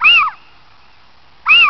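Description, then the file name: Little owl calls: two sharp, mewing notes that arch slightly downward, about one and a half seconds apart, with only faint sound between them. "steenuil"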